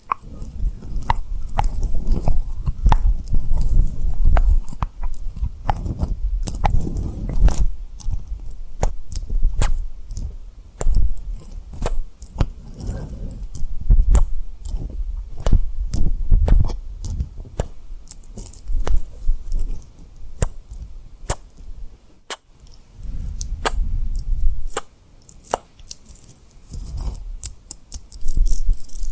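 Tapping and rubbing on rhinestones, with quick, sharp clicks scattered densely through the whole clip, sometimes in rapid bursts. Soft, low rubbing swells rise and fall beneath them, fuller in the first half and again around 23 seconds, with a brief hush near 22 seconds.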